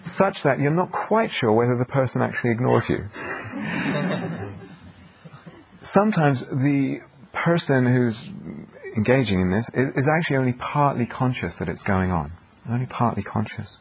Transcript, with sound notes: such that you're not quite sure whether the person actually ignores you. [laughter] Sometimes, the person who's engaging in this is only partly conscious that it's going on, only partly conscious.